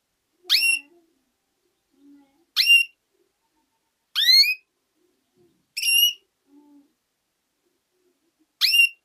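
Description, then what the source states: Canary repeating a sharp upward-sweeping whistled call five times at uneven intervals, with faint low soft notes in the gaps. Female.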